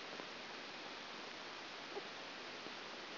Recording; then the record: brain microelectrode recording played as sound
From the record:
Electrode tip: inside the subthalamic nucleus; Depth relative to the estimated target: 0 mm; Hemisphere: right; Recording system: AlphaMap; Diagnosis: Parkinson's disease